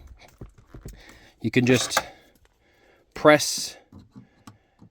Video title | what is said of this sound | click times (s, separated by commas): How to Remove & Replace Holden Captiva Fuel Pump CG 2006-2012 3.2Ltr | or depress that plug there hear that click and then you just | 4.5 s